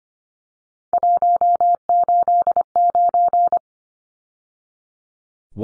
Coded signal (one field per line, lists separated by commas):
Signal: Morse code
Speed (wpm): 25 wpm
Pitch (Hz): 700 Hz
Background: none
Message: 189